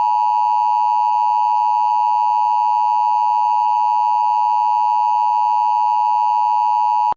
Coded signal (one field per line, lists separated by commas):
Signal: Emergency Alert System (SAME) tones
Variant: 853 and 960 Hz attention tone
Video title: zombie apocalypse eas